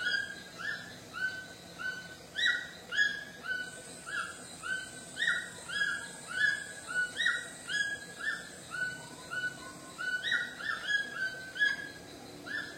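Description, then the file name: White-throated toucan song: yelping notes repeated almost twice a second, over a steady hiss. "canto do tucano grande de papo branco"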